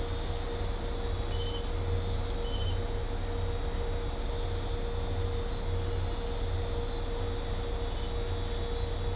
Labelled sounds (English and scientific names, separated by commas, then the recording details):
none
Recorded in dense forest near Puerto Asís, Putumayo, Colombia, on 20 December 2024 at 20:30
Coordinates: 0.503, -76.323
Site G043